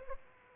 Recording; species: mosquito wingbeat signal from an infrared sensor; Aedes aegypti